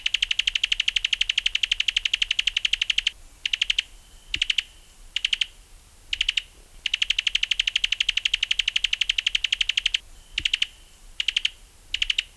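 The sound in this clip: Cuban tody calling with fast, evenly spaced dry ticking notes: a three-second run, then several short bursts, and the same long run and short bursts again.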